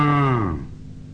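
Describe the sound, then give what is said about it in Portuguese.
A single low, drawn-out moo from an ox, its rich harmonic tone sliding downward in pitch before fading out after about half a second. “O boizinho veio e mugiu, mugiu.”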